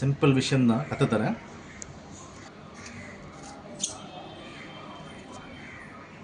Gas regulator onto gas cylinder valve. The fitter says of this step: மேலே வந்துடுச்சுன்னா லாக் ஆகலன்னு அர்த்தம்.